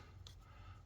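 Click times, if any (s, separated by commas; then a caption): none. An electrical connector plug is pushed into its mating socket on the front end of a 2011 Dodge Grand Caravan, and a sharp snap is heard at 0.3 s over a low steady background. The snap is the connector's locking tab breaking off, so the connector has not clicked or latched into place and will have to be held together with a zip tie.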